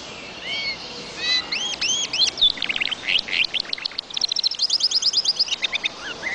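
Bird song of quick arched whistles flowing into dense chattering phrases and fast high trills, nearly continuous throughout.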